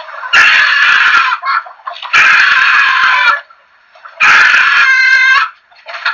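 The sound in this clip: Chickens letting out three long loud raucous squawks, each over a second, with brief gaps of quieter calls between.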